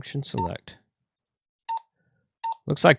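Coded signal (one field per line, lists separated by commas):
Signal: none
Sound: radio key press beeps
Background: speech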